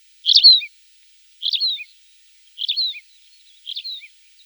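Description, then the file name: Tawny pipit song: short chirpy phrases with a clipped downslurred note, repeated four times about once a second, with nothing else audible. "Konek polevoj"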